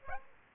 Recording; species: mosquito wingbeat signal from an infrared sensor; Aedes aegypti